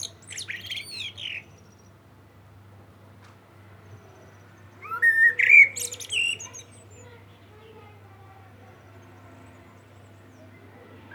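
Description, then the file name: Common blackbird singing a short high twittering phrase, then after a pause a mellow whistled phrase that breaks into thin squeaky notes; a faint low hum runs throughout. "Turdus merula"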